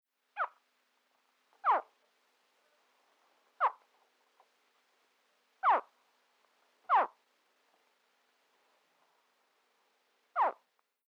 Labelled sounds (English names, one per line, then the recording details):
Common Caiman
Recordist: Tembrock, Günter
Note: Abwehrlaute eines Jungtieres